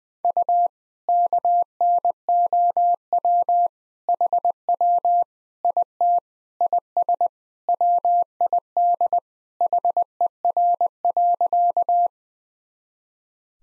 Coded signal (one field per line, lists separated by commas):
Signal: Morse code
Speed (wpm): 20 wpm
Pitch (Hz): 700 Hz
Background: none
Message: U KNOW HW IT IS WID HER.